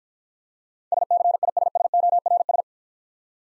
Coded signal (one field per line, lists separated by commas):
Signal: Morse code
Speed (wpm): 50 wpm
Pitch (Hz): 700 Hz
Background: none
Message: SCISSORS